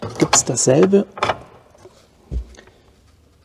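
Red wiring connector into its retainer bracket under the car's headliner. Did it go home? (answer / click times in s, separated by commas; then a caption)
yes / 2.6 s. During a GPS antenna replacement to bring the navigation back to life on an Audi S6 V10, the red plastic plug of the GPS antenna wiring is clipped back into its mounting retainer under the car's headliner so it does not dangle, after the blue plug was done on the other side. Someone talks for the first second and a half, then a soft low thump is followed by two short, sharp clicks at 2.5 s and 2.6 s as the connector seats in its retainer.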